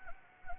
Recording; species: mosquito wingbeat signal from an infrared sensor; Anopheles gambiae